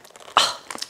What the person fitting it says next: ça ça se clipse.